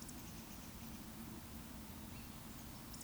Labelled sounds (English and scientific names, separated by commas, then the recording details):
Eurasian Woodcock (Scolopax rusticola) whistle
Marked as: whistle, whistle
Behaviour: display flight
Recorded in Baden-Württemberg, Germany, on 19 June 2020 at 19:51 UTC
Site 44397, 226 m above sea level